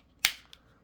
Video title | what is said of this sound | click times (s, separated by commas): CRKT S.P.E.W. Fixed Blade Unboxing! | that's got a nice click in that's satisfying um | 0.2 s